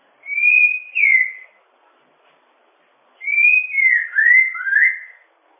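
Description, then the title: Bird song: a short slurred whistle, a pause, then a longer whistled phrase that wavers and falls in pitch. "kikicau"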